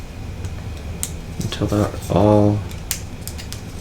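Maze kit piece notches are eased a little way into their mating slots, with a sharp click at 1.0 s as one notch seats while someone talks. More short, sharp ticks follow near 2.9, 3.3 and 3.5 s. The pieces end up only partly in place, not yet pushed fully home.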